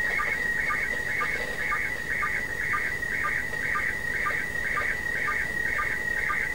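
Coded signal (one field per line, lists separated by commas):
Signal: SSTV (slow-scan television)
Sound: warbling, chirping tone around 2 kHz with short low ticks twice a second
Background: background hiss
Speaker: So we're probably going to get 2 pictures out of this.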